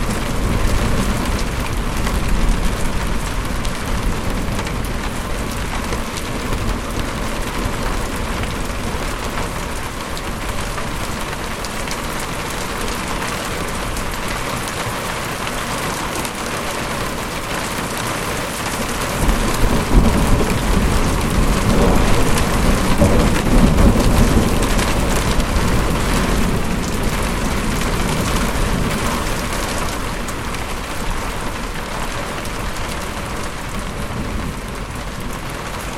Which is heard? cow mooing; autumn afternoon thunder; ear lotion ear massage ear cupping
autumn afternoon thunder